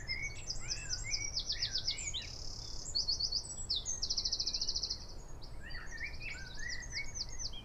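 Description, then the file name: Eurasian wren singing a fast, shrill stream of high buzzy trills and rattles linked by sharp chips. "Troglodytes troglodytes"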